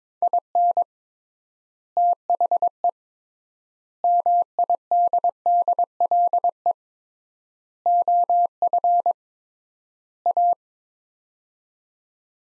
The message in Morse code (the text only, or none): IN THE MIDDLE OF A